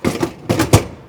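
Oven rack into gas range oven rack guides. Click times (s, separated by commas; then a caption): 0.7 s. An oven rack is set into the rack guides of a JennAir 30-inch slide-in gas range oven at a 45-degree angle, pushed over the first bump, and brought all the way back. Several metallic scraping knocks are heard, ending in a sharp lock-down clunk at 0.7 s. The rack is locked into place and solid.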